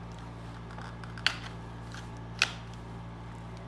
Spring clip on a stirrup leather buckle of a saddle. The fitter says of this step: clicks in place and stays there and then they don't come off.